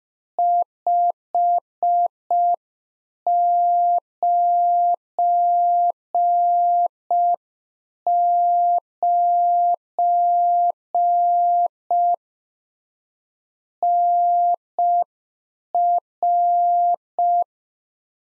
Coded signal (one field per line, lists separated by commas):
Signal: Morse code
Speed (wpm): 5 wpm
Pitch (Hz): 700 Hz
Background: none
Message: 599 NR